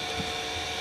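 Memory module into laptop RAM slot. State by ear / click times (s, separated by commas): not seated / none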